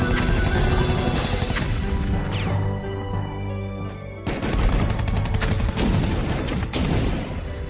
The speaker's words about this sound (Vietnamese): Đoàn đoàn đoàn, trận địa pháo của các anh bộ đội phát quả. Vậy là các anh bắt đầu bắn. Tôi dõi theo, những điểm xạ như pháo nổ toang xung quanh máy bay địch.